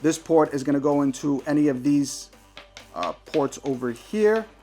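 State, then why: Not seated. Someone talks while handling a fan splitter whose plastic connector is about to be pushed into a port on a fan hub or controller. Nothing has seated or clicked yet; the clip ends just before the connector goes home.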